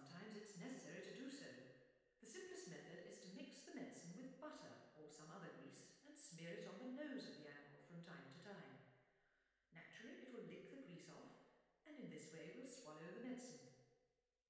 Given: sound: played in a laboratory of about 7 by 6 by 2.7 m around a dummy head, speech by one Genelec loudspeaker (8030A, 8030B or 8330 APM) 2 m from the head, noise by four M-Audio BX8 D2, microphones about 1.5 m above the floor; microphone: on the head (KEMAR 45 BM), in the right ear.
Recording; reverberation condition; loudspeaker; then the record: female speech in English; high; 150 degrees to the right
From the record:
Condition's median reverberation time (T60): about 1300 ms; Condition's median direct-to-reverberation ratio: about -4.0 dB